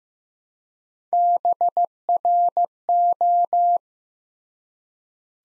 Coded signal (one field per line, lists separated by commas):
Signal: Morse code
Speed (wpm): 15 wpm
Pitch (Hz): 700 Hz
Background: none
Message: BRO